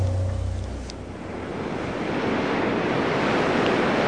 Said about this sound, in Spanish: Había una inexplicable claridad, y oía como el murmullo de las olas cuando se mueren a la orilla de una playa, y como silbidos de brisa.